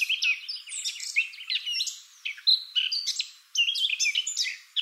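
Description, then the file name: Eurasian blackcap song of busy chattering and warbling phrases broken by short pauses, with some clear whistled notes standing out among the rapid notes. "Sylvia atricapilla"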